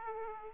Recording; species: mosquito wingbeat signal from an infrared sensor; Aedes aegypti